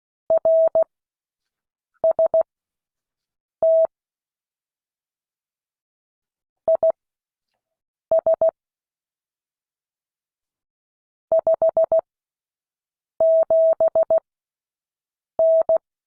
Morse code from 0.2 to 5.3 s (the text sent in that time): RST